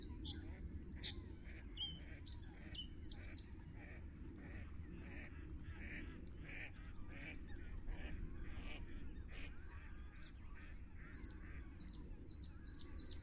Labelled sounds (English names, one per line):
Bluethroat song